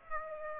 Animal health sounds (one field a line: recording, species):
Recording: mosquito wingbeat signal from an infrared sensor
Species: Aedes aegypti